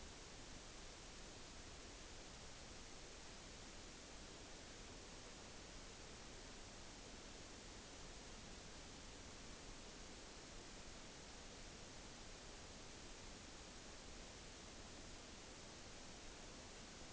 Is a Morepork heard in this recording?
no